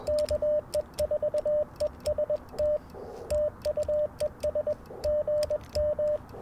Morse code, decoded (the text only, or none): KE4EST TU ES GM